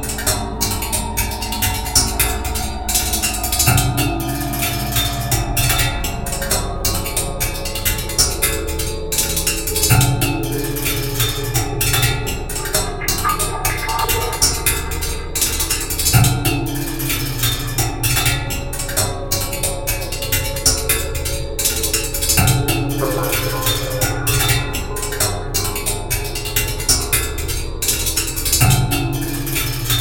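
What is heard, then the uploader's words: Drum brushes scrape and tap across an aluminum fence in a dense, steady rhythm, the bright swishing strokes packed closely throughout. Low metallic ringing tones hum underneath, shifting pitch every few seconds as the fence resonates, with a few sharper hits standing out. Stilted Effect 01. (Playing with drum brushes on a aluminum fence).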